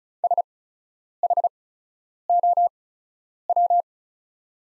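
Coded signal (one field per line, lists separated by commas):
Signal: Morse code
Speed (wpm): 36 wpm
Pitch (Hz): 700 Hz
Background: none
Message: SHOW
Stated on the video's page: Farnsworth practice Morse at 35wpm with 8x character spacing, sending the top 300 words.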